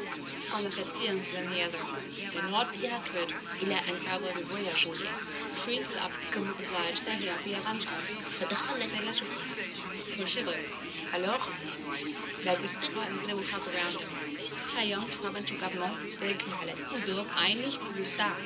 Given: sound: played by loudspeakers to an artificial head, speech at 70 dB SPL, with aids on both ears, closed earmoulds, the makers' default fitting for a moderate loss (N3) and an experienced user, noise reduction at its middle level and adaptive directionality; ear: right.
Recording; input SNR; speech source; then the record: speech test signal (ISTS) in cocktail-party noise; -3 dB; on the right (90 degrees)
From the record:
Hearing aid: class 2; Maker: E